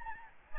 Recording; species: mosquito wingbeat signal from an infrared sensor; Aedes albopictus